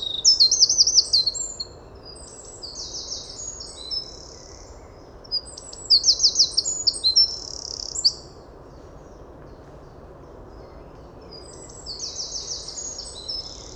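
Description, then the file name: Eurasian wren singing in three separate bursts of rapid, shrill, very high trills and twitters, a few seconds apart, with quiet hiss between phrases. "Troglodytes troglodytes"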